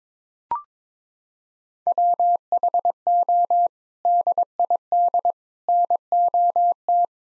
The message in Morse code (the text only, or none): WHO DID NOT